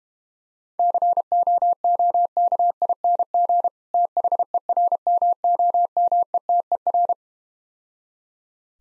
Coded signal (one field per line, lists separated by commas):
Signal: Morse code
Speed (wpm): 31 wpm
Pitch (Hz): 700 Hz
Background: none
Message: COOKING THERMOMETER